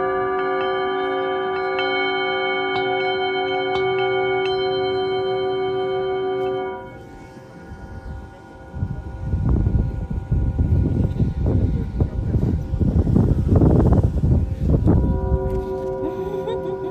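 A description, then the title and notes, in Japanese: A singing bowl hums with steady ringing tones, fading near seven seconds, then a dense, uneven rumbling swell builds before the ringing returns. メキシコから シンギングボウルのサウンドヒーリングをお届け ライブ。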